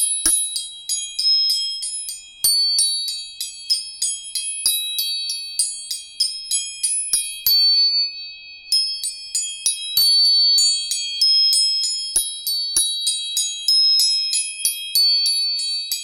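Tuning forks are struck again and again, each tap ringing out in clear, high, bell-like tones that linger and overlap. The strikes come every half second or so, with a brief lull just after the midpoint. Nothing low or in the background intrudes.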